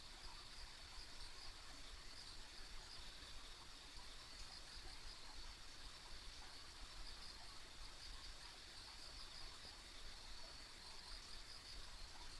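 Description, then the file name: Insects keep up an unbroken high shrill band with small pulsed chirps throughout, under a broad wash of low noise. Ambient insect sounds on a rural country road. "田舎道の虫の環境音"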